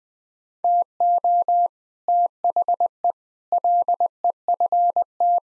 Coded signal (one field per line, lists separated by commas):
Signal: Morse code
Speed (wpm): 20 wpm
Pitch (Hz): 700 Hz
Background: none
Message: TO THE LEFT